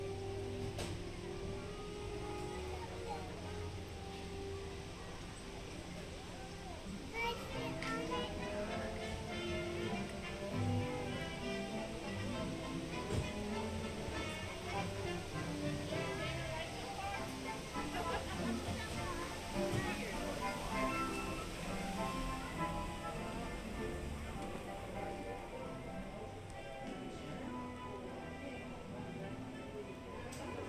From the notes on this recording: A relaxing audio journey through Disneyland park in Anaheim, California.